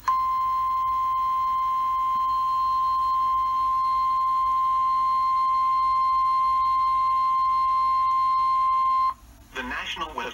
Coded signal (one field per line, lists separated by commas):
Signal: Emergency Alert System (SAME) tones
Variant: 1050 Hz attention tone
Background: speech